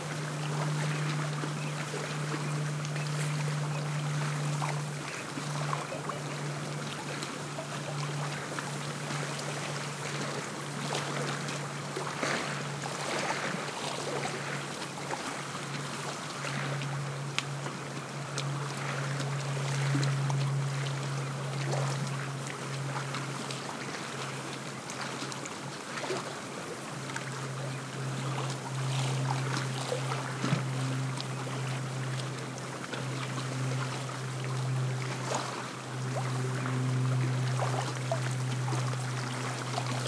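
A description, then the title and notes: Small wind waves lap constantly against a tule-lined shore, a dense, steady wash of soft splashes with frequent brief crackles throughout. A low, steady hum sits beneath the whole recording, wavering slightly, while wind and dry grasses add a faint rustling hiss. I recorded this on a breezy winter afternoon beside Big Lake in the northeast corner of Shasta County, California. The constant lapping of small wind waves against the tule lined shore is punctuated by the soft sound of the wind blowing through the bare branches of nearby trees and the gentle rustling of dry grasses.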